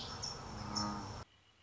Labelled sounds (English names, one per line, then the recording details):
Red-winged Blackbird
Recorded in Sonoma County, California